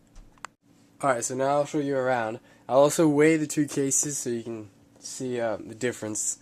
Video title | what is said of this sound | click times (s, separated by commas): Speck vs Incipio Macbook Pro case | So, you can hear the clicks there. Bam. | 0.4 s